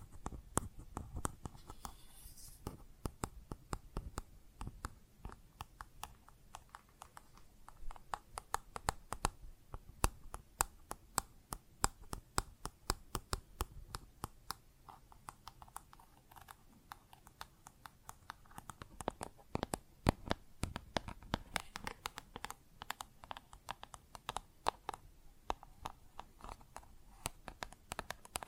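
Plastic objects are tapped and scratched in dense, irregular clicks, sharp and bright, running continuously for the whole stretch with brief scraping between taps.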